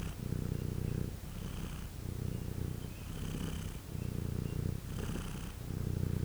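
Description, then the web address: Cat purring: a low rumbling purr pulsing in repeated breaths. Farmyard cat purring. "macska doromboloesnyavogomacska leggyel gorestanya"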